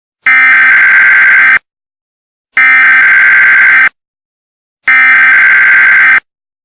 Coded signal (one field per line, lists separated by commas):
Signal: Emergency Alert System (SAME) tones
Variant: header bursts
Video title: EAS San Francisco